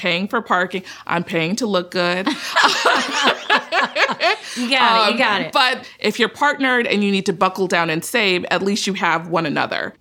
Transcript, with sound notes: I'm paying for parking. I'm paying to look good.
[LAUGHTER] You got it. You got it.
But if you're partnered and you need to buckle down and save, at least you have one another.